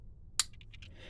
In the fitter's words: it looks clean well you really need to actually push these in until they snap into place that'll secure the foot